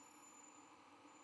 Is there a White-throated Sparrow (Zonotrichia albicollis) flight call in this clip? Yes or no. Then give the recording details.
no. No flight call is heard. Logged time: 03:38 on 12 November 2014